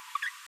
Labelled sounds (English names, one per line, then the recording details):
Green-rumped Parrotlet babbling
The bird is a female
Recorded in a nest box in Venezuela
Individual 17B73B2